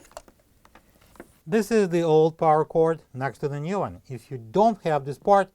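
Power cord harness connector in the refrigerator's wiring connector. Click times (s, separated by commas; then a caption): 0.2 s. The locking tab on the old Samsung refrigerator power cord (part 3903-001003) is pressed down, and its plastic wire harness connector is pulled apart from the refrigerator's wiring connector. A short, sharp hit at 0.2 s marks the connector releasing, with a few faint ticks following, and then someone talks.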